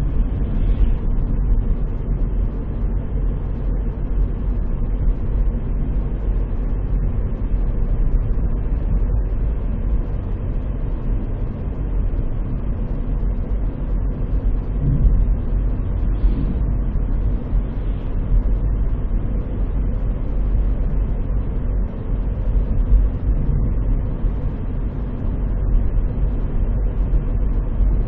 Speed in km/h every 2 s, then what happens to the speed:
49, 50, 50, 51, 53, 53, 53, 53, 53, 53, 54, 53, 53, 52.
0-28 steady at about 53.